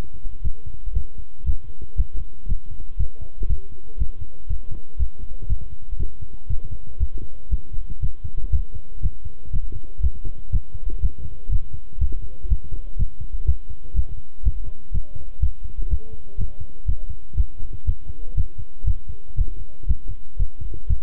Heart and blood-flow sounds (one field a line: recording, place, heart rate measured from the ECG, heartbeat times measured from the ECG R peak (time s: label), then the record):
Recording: heart sounds by stethoscope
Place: between the tricuspid and mitral areas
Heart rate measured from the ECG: 120 bpm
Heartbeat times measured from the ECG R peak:
0.44 s: heartbeat
0.95 s: heartbeat
1.46 s: heartbeat
1.97 s: heartbeat
2.49 s: heartbeat
2.99 s: heartbeat
3.49 s: heartbeat
3.99 s: heartbeat
4.49 s: heartbeat
4.99 s: heartbeat
5.49 s: heartbeat
5.99 s: heartbeat
6.49 s: heartbeat
7.00 s: heartbeat
7.51 s: heartbeat
8.02 s: heartbeat
8.52 s: heartbeat
9.03 s: heartbeat
9.53 s: heartbeat
10.03 s: heartbeat
10.52 s: heartbeat
11.02 s: heartbeat
11.52 s: heartbeat
12.00 s: heartbeat
12.50 s: heartbeat
12.99 s: heartbeat
13.47 s: heartbeat
13.96 s: heartbeat
14.45 s: heartbeat
14.94 s: heartbeat
15.42 s: heartbeat
15.91 s: heartbeat
16.39 s: heartbeat
16.88 s: heartbeat
17.37 s: heartbeat
17.87 s: heartbeat
18.37 s: heartbeat
18.87 s: heartbeat
19.38 s: heartbeat
19.89 s: heartbeat
20.39 s: heartbeat
20.89 s: heartbeat
From the record:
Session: walking at 3.7 km/h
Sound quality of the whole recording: good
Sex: male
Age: 25 years